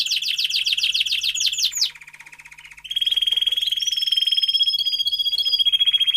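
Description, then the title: Domestic canary singing a rapid run of sweeping notes that shifts into a steady high rattling trill, with thin whistled notes above it. Male Belgian canary singing a lot, used for training and warming up young canaries. "Canary Training Esquente Seu Filhote E Canario Belga Em 30 Minutos Macho Cantando Muito"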